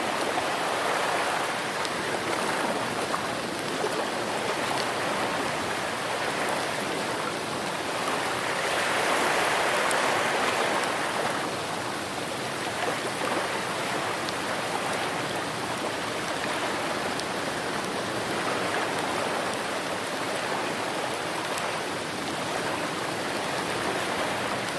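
A rainstorm pours down in a dense, steady hiss that fills the range from low rumble to bright spatter, with fine drops crackling throughout. The rain swells slightly louder and brighter around nine to eleven seconds, then settles back to an even, unbroken roar.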